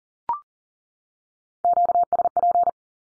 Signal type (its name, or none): Morse code